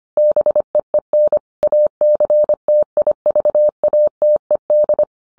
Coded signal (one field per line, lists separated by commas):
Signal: Morse code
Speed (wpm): 25 wpm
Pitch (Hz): 600 Hz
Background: none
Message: BEEN ACTIVATED